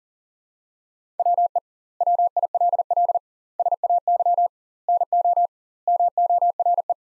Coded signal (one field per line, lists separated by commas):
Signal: Morse code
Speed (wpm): 40 wpm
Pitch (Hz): 700 Hz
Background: none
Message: WE WILL SAY NO MORE